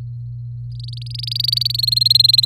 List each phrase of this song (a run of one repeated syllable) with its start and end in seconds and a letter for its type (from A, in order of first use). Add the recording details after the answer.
0.72-1.76 A, 1.78-2.45 B. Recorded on 4 May 2018 at 06:08. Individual llb16